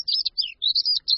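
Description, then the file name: European stonechat giving a rapid, scratchy twitter of high, chattering notes that rise and fall, with a few brief pauses between bursts. "Bramborníček-černohlavý"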